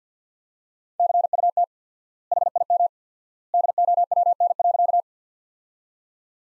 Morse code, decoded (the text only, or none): CUT HIM DOWN.